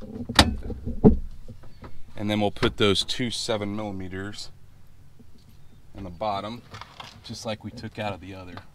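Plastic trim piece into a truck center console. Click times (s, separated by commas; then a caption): 0.4 s. A plastic trim piece is pressed onto the center console being installed in a truck and seats with one sharp, loud snap at 0.4 s, followed by a few softer knocks. Then someone talks.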